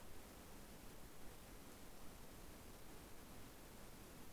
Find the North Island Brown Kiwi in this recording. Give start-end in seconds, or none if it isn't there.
none